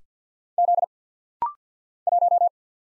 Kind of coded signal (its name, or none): Morse code